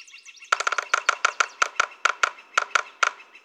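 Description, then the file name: Northern Flicker giving a quick series of sharp, clipped call notes, each loud and abrupt, after a short quieter start. "Pic flamboyant"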